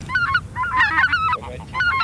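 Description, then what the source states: Greater white-fronted goose flock calling, several high, squeaky yelps and laughing honks overlapping in a brief dense burst over a faint low background hum. Flock chatter, for an electronic hunting caller.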